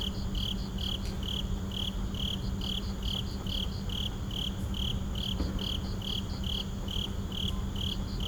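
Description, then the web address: Insects chirping at night in an even, rapid rhythm of high bright pulses, over a continuous low background hum with a few faint clicks. At night in a suburban park. "boom library Urban and Suburban. Suburban park night insects"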